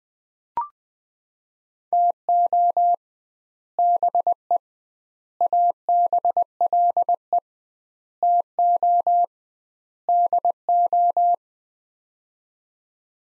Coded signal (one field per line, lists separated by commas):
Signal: Morse code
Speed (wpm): 20 wpm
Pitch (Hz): 700 Hz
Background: none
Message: TO BE ABLE TO DO